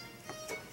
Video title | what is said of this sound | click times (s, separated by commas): Watch Strap Changing Guide - New Luxury Watch Straps From Colareb Roma - Wrist Candy Perlons Review | And then you just click. You heard that click and it's in. Boom. | 0.3 s